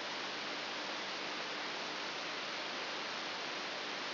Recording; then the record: brain microelectrode recording played as sound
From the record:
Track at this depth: outside the subthalamic nucleus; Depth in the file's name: 6.501 mm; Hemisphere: right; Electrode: 3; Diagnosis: Parkinson's disease